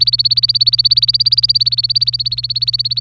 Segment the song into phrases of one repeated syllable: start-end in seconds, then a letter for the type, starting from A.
0.00-3.00 A